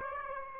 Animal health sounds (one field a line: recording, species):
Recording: mosquito wingbeat signal from an infrared sensor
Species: Aedes aegypti